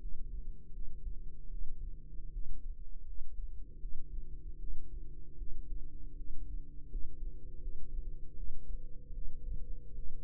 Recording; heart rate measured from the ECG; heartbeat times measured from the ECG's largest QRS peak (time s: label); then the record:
heart sounds by microphone in the right ear; 78 bpm
0.72 s: heartbeat
1.50 s: heartbeat
2.32 s: heartbeat
3.05 s: heartbeat
3.79 s: heartbeat
4.59 s: heartbeat
5.37 s: heartbeat
6.16 s: heartbeat
6.89 s: heartbeat
7.60 s: heartbeat
8.35 s: heartbeat
9.13 s: heartbeat
9.94 s: heartbeat
From the record:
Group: healthy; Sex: female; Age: 22 years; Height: 161 cm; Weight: 65.5 kg